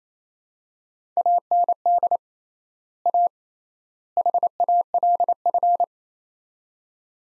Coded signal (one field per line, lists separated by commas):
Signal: Morse code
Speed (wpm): 28 wpm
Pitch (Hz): 700 Hz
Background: none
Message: AND A HALF